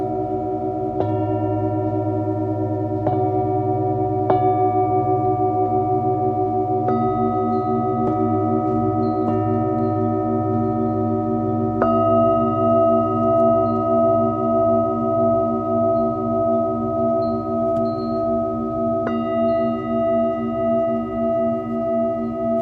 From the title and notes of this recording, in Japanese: メキシコから シンギングボウルのサウンドヒーリング ライブ。